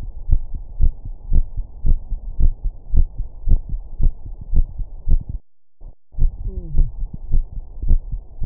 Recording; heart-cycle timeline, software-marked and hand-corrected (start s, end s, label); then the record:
heart sounds
0.00	0.08	S2
0.08	0.30	diastole
0.30	0.42	S1
0.42	0.52	systole
0.52	0.62	S2
0.62	0.80	diastole
0.80	0.92	S1
0.92	1.02	systole
1.02	1.10	S2
1.10	1.32	diastole
1.32	1.46	S1
1.46	1.56	systole
1.56	1.64	S2
1.64	1.86	diastole
1.86	1.98	S1
1.98	2.08	systole
2.08	2.18	S2
2.18	2.40	diastole
2.40	2.54	S1
2.54	2.64	systole
2.64	2.72	S2
2.72	2.94	diastole
2.94	3.08	S1
3.08	3.18	systole
3.18	3.26	S2
3.26	3.48	diastole
3.48	3.60	S1
3.60	3.70	systole
3.70	3.80	S2
3.80	4.00	diastole
4.00	4.12	S1
4.12	4.22	systole
4.22	4.30	S2
4.30	4.52	diastole
4.52	4.66	S1
4.66	4.76	systole
4.76	4.86	S2
4.86	5.08	diastole
5.08	5.20	S1
5.20	5.30	systole
5.30	5.40	S2
5.40	5.64	diastole
5.64	5.74	S1
5.74	5.86	systole
5.86	5.96	S2
5.96	6.20	diastole
6.20	6.32	S1
6.32	6.44	systole
6.44	6.54	S2
6.54	6.74	diastole
6.74	6.88	S1
6.88	6.98	systole
6.98	7.08	S2
7.08	7.32	diastole
7.32	7.44	S1
7.44	7.54	systole
7.54	7.64	S2
7.64	7.86	diastole
7.86	8.00	S1
8.00	8.10	systole
8.10	8.20	S2
8.20	8.42	diastole
8.42	8.46	S1
From the record:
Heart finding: coronary artery disease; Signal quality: good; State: rest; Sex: female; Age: 49 years